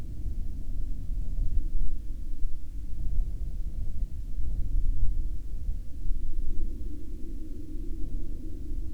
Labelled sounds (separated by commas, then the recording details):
aircraft
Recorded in the Prudhoe Bay oil fields, Alaska, on 21 August 2019 at 12:39
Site 13